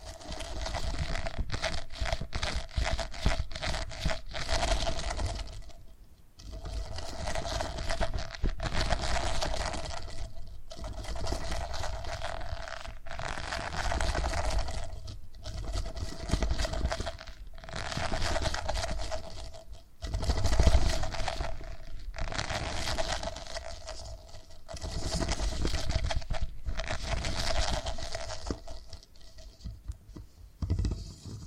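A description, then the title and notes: Purring comes in rough, scratchy bursts, each lasting a second or two and separated by brief pauses, in a fairly regular rhythm for the whole stretch. A faint steady hum runs underneath, and one louder, sharper moment stands out around twenty seconds. Purring Triggers.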